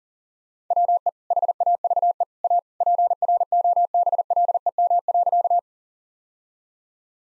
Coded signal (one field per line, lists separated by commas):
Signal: Morse code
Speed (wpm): 40 wpm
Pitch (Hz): 700 Hz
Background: none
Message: WE HAVE A PROBLEM.